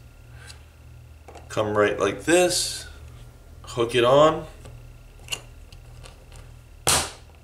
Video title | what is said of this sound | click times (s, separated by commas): Honeywell 5811 : How to Change the Battery in your Wireless Door/Window Contact | and then it should clip right | 6.9 s